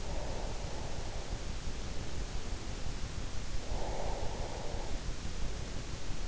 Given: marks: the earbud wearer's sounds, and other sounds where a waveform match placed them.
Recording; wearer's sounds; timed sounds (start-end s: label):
sounds in sleep by an in-ear microphone; breath
0.10-2.26 s: breath
3.58-5.43 s: breath